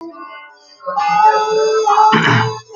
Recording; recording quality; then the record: shallow breathing; poor, much background noise or distortion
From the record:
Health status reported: healthy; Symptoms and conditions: none ticked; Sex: male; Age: 22 years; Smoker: not ticked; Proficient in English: yes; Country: India